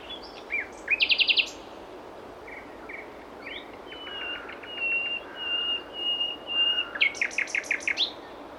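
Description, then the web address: Common nightingale song: a fast loud trill, a few short notes, a long run of notes at a steady pitch, and a closing burst of rapid loud notes. "SETE data Luscinia megarhynchos"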